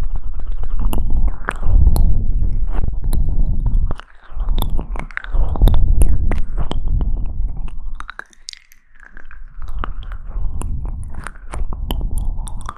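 Wet mouth sounds, with chewing and crunching clicks and low rumbling swells, fading to near silence around four and eight seconds.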